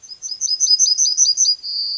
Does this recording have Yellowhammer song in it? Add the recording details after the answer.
yes. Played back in forest. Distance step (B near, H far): B. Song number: 108